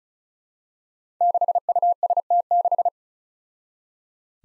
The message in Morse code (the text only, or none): 6UST6